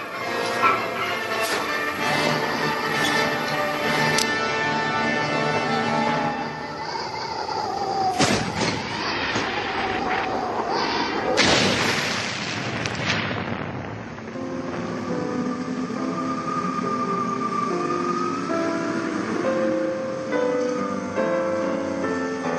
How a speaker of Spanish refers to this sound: Paralizados, miran al cielo y observan una enorme explosión. Las nubes fantasmales se desvanecen de manera instantánea.